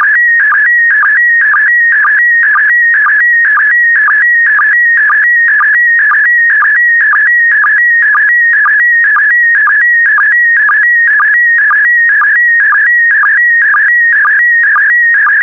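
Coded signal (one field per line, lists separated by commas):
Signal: SSTV (slow-scan television)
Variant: PD120 mode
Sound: warbling high tone with rhythmic short low blips about twice a second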